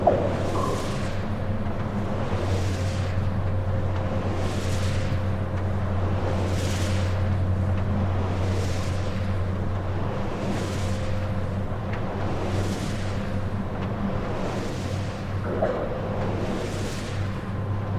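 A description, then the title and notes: A wind turbine drones steadily with a deep, constant low hum and a faint tonal whine held through the middle. Over it, a soft whooshing swell rises and falls about every two seconds, regular as each blade sweeps past, with no other sounds intruding. Wind turbine - Field Recording. This field recording, while not captured at Roan or Storheia, encapsulates the rhythmic cadence of a wind farm. Recordist: Nicola Renzi. Zoom F3 (32bit float) with Clippy EM272 (omni stereo matched pair) + LOM Geofon.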